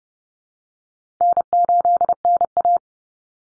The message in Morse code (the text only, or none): N8NA